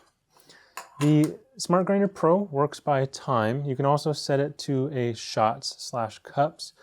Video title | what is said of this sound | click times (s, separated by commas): Breville Dynamic Duo - Crew Review | you'll hear it click right into place and you're pretty much ready to go | 0.8 s